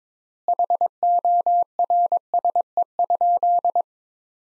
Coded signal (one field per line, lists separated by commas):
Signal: Morse code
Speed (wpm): 22 wpm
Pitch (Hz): 700 Hz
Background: none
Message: HORSE?